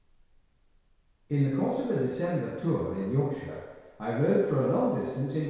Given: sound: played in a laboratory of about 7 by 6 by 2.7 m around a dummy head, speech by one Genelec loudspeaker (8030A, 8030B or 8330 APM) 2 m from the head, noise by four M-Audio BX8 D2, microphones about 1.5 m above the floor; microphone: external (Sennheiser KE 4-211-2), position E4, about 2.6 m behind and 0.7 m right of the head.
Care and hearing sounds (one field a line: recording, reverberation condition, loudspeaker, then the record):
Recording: male speech in English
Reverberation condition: high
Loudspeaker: 150 degrees to the right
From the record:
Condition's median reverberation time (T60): about 1300 ms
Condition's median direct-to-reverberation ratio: about -4.0 dB